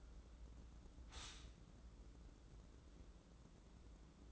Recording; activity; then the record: daily activity, microphone in the room; stop toaster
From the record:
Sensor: 3